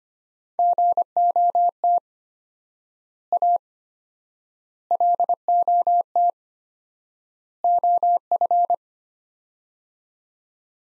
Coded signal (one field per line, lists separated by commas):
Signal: Morse code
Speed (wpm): 25 wpm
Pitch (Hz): 700 Hz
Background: none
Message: GOT A LOT OF